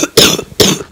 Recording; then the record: coughing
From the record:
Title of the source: Wet coughing